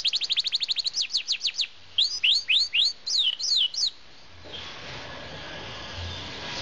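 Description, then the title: Norwich canary singing, opening with a rapid series of up-slurred notes, then slower spaced swooping notes, then stopping, leaving background noise. Recorded at a 2010 canary show. "Norwich Canary - Laropstars"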